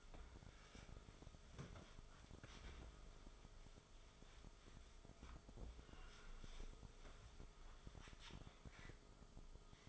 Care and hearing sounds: daily activity, microphone in the room; wipe stove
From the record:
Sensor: 5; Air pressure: 1004.9 hPa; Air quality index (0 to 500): 106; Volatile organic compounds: 2 ppm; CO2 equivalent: 1294 ppm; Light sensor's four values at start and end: 33/74/31/31 and 33/75/31/31

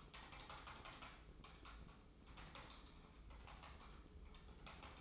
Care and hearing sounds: daily activity, microphone in the room; typing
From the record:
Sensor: 1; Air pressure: 995.3 hPa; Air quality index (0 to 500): 28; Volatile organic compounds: 1 ppm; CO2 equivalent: 541 ppm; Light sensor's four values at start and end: 14/49/17/18 and 14/49/17/18

